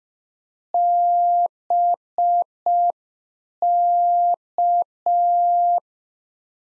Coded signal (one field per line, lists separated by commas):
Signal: Morse code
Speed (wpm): 5 wpm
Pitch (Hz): 700 Hz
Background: none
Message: BK